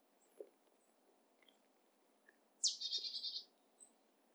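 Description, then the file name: Marsh tit call: an explosive high downslurred note, then a fast buzzy chatter of several notes, with faint ticks and clicks around it. "Poecile palustris"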